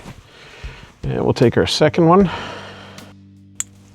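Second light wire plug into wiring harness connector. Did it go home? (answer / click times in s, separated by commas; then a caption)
yes / 3.6 s. On a 2025 F-150 F150LEDS reverse light upgrade, someone talks while the second light wire plug is pushed into the sealed plastic wiring harness connector. A sharp click at 3.6 s shows it is seated, giving a water and dust-proof seal.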